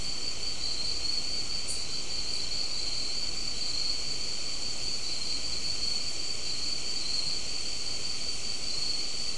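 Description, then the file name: Insect sound as a constant shrill buzz, level and unvarying throughout, backed by steady low-frequency rumble and one brief faint high tick early on. "mainly insect"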